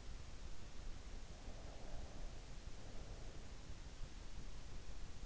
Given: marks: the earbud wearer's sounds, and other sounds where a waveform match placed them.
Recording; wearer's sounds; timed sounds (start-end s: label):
sounds in sleep by an in-ear microphone; breath
1.40-3.92 s: breath